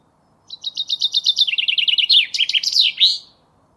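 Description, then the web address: Common chaffinch singing one full phrase: rattling repeated notes dropping in steps through the trill, closing with a quick emphatic terminal flourish. "Deverinetal"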